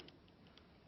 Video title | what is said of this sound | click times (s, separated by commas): Tuto utilisation du Lumispa | important vous la changer comme ça tout simplement ça se clipse et | 0.1 s